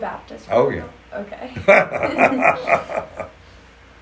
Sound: laughs